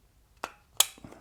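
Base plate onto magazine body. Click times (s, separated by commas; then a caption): 0.8 s. A polymer base plate is slid back onto a 15-round P365 magazine body over the spring. After a first sharp click at 0.4 s, a louder, brighter snap at 0.8 s marks it locking past the tab and seating in place.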